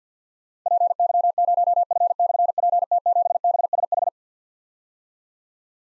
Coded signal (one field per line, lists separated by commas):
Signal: Morse code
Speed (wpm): 50 wpm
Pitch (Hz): 700 Hz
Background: none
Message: PY0F/PT7BSH